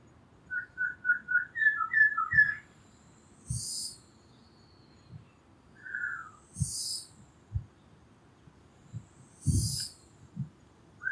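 Bird calls: a rapid run of short chirped notes, then scattered single notes, with soft low thumps and brief high hissy bursts between them.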